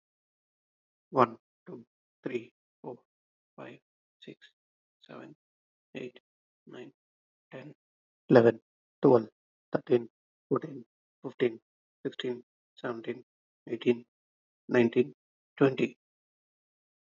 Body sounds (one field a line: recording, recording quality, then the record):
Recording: counting at a normal pace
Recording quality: excellent, no background noise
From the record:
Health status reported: healthy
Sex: male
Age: 33 years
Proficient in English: yes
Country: India